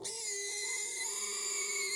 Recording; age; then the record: pig call; weaner (32 to 43 days)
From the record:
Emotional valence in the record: negative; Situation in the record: restrain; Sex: male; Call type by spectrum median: high-frequency call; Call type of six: high-frequency stable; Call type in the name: high-frequency stable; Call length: 2.0 s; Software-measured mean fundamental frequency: 410 Hz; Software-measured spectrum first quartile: 2741 Hz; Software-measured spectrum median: 5609 Hz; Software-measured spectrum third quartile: 7501 Hz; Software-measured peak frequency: 7177 Hz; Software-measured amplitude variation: 74 dB a second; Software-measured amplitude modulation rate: 27.0 a second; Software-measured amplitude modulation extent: 2.7 dB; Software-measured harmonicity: 4.3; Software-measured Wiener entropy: -2.33